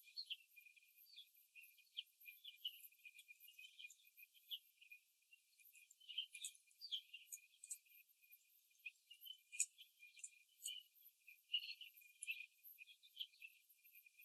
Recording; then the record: young laying hens in a cage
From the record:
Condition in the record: before the stressor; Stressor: simulated dog barking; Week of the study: 2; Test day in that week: 3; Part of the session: 1